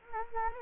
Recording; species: mosquito wingbeat signal from an infrared sensor; Anopheles gambiae